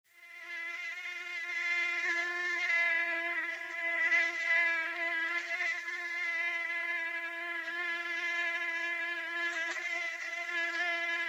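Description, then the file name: Mosquito whine, a sustained nasal buzzing drone that fades in at the start, then holds steady with small wavering pulses of loudness. "moustique bruit"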